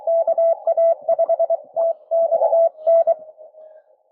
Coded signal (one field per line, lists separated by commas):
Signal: Morse code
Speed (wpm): 22 wpm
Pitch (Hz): 690 Hz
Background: none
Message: KA5TXN